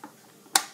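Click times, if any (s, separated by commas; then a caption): 0.6 s. The plastic clip over the peristaltic pump wheel of a dental implant motor, with the irrigation tubing placed around the wheel, is pressed down and snaps shut with a sharp, bright click at 0.6 s, after a faint tap near the start. The clip is seated and lined up, since it flips down easily and clicks.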